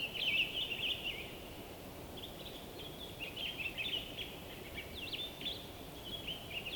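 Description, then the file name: Bird song with almost continuous high twittering and quick chirps throughout, over a steady low wash of noise. Winter forest by day, frozen wood, North Laurentian Woods, Canada. "WINTER Forest day blissful bird song resonating through the frozen wood North Laurentian Woods Canada LOOPLR"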